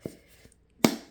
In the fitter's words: so you pop it in there and then you snap it closed you'll hear a snap